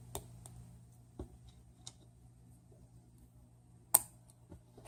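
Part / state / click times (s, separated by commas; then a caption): snap-in plastic standoff into circuit board mounting hole / seated / 3.9 s. A snap-in plastic standoff is pushed round side first through a mounting hole in a module's circuit board. Faint ticks and small handling sounds lead up to one sharp, loud snap at 3.9 s. The standoff is seated in the board.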